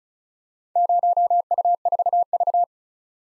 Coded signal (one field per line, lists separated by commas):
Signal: Morse code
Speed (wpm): 36 wpm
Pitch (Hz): 700 Hz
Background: none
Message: 0U4V